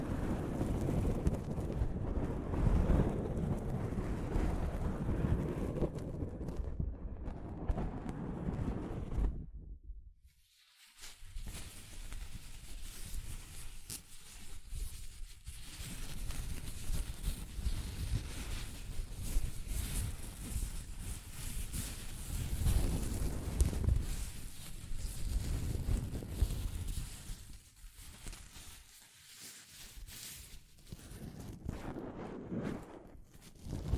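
Soft fabric brushes against a microphone, making a dense, rumbling rustle that is heaviest in the low end and sounds much like wind buffeting. The scraping swells and eases in uneven waves, drops out briefly around ten seconds, and dips again near twenty-nine.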